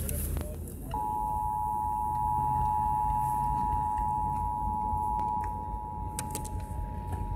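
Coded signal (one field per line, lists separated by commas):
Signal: Emergency Alert System (SAME) tones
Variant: 853 and 960 Hz attention tone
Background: speech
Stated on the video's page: Real flooding EAS audio recorded off radio in Bay County, Michigan.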